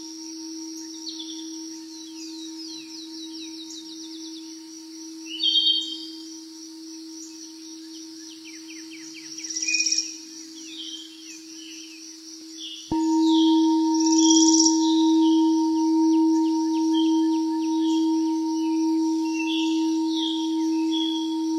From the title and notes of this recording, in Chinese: 自然音疗丨大自然頌砵音樂。